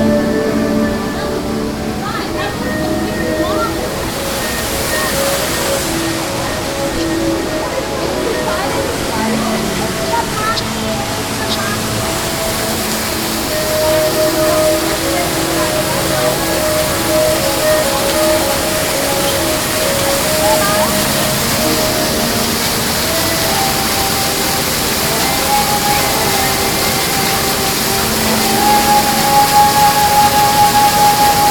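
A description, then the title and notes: A busy theme park hums steadily with a dense wash of crowd chatter, rushing water-like noise, and occasional bright tones sounding near the end. Universal Islands of Adventure audio journey. The amazing sounds that come from a Theme Park.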